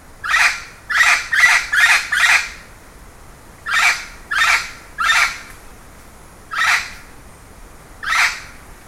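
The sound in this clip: Bird delivering grating squawks in irregular groups: a quick run of five, then three, then two single spaced notes.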